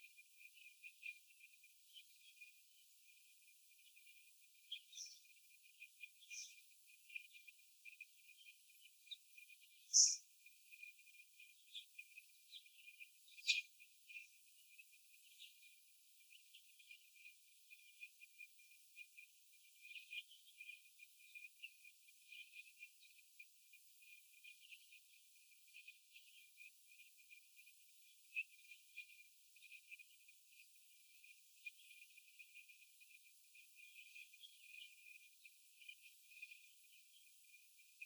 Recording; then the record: young laying hens in a cage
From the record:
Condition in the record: before the stressor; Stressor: sudden umbrella opening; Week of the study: 2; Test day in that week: 1